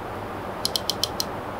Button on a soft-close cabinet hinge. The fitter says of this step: you'll hear it go click click click here